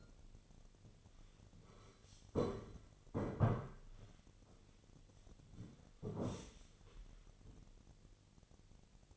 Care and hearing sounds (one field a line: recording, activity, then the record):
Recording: daily activity, microphone in the room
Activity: sit down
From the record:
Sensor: 4